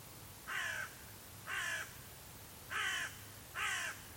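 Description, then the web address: Bird calling with four rough, grating caws spaced about a second apart, each note short and hoarse, against a low steady hum. "cianscape. Deverinetal 2025. Bird Only"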